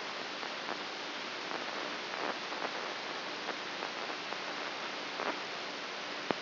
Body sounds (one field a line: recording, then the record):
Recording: brain microelectrode recording played as sound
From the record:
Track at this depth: inside the subthalamic nucleus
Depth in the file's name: 3.84 mm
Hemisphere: right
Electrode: 2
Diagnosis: Parkinson's disease